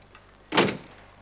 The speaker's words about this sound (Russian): открывает дверь камеры.